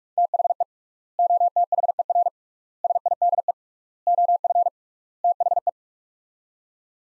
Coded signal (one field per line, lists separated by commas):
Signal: Morse code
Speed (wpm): 42 wpm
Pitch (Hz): 700 Hz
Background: none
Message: THE OTHER SIDE OF THE